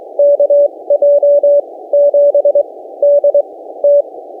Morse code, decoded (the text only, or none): KJ7DT